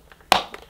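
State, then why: Seated. A new paper dust bag, lined up with its print facing outwards, is pushed into its holder in the bag compartment of a Vorwerk Kobold vacuum cleaner. A sharp click at 0.3 s is followed by softer taps, and the bag collar is seated in place.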